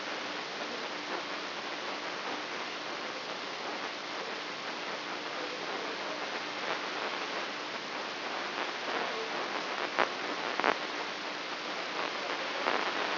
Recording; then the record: brain microelectrode recording played as sound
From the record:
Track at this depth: outside the subthalamic nucleus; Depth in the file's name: 8.504 mm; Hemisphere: left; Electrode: 3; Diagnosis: Parkinson's disease